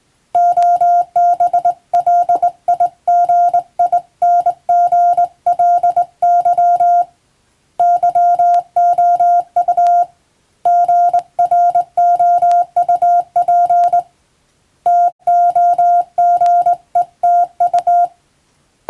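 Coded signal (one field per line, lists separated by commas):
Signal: Morse code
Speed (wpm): 22 wpm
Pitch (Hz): 700 Hz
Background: none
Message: OBLIGINGLY YOU GROUP TOGETU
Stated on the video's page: Morse sent on the amateur bands by a first-class radiotelegraph operator using a telegraph key, as practice.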